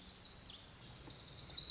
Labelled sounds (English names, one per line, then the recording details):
Lazuli Bunting
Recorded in Sonoma County, California